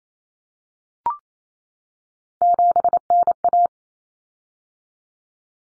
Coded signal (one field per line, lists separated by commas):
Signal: Morse code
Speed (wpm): 28 wpm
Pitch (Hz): 700 Hz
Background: none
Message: 7NA